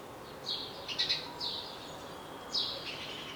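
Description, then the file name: House sparrow chirping, a few short scratchy notes in a quick irregular cluster, then a pause and a single chirp. "Passer domesticus"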